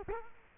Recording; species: mosquito wingbeat signal from an infrared sensor; Culex quinquefasciatus